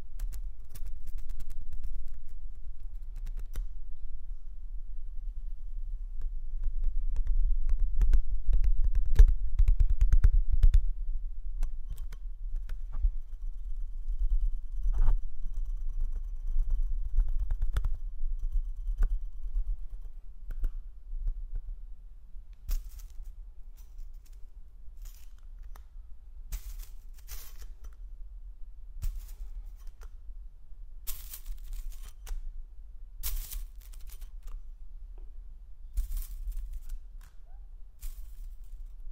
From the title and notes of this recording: Nick found a metal toy and played with it in front of the camera, these are the sounds that he came up with.